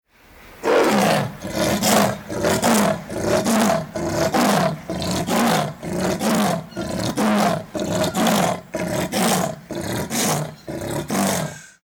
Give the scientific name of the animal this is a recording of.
Panthera pardus